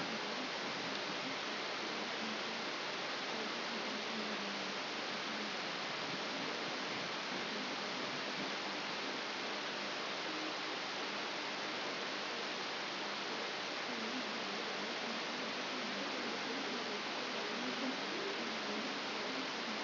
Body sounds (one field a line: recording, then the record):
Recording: brain microelectrode recording played as sound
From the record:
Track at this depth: outside the subthalamic nucleus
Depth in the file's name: 5.901 mm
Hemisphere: left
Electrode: 3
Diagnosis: Parkinson's disease